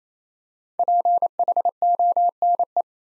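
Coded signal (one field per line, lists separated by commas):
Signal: Morse code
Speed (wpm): 27 wpm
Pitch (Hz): 700 Hz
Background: none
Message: PHONE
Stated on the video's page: Morse practice at 28 wpm: five-letter words, first letters spoken, each word sent twice for head-copy training.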